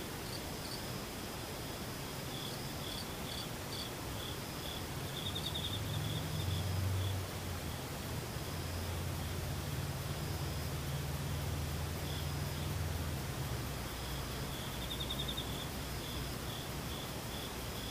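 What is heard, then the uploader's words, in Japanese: A chorus of insects fills the air, with thin, steady chirring and short bright trills repeating high up, clustering around the sixth second and again near the fifteenth. Underneath, a low steady rumble and a constant hiss persist throughout at an even level. ムシ合唱。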